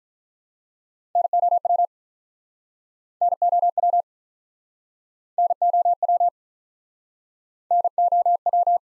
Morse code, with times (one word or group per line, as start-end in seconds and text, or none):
1.2-1.9 NOW
3.2-4.0 NOW
5.4-6.3 NOW
7.7-8.8 NOW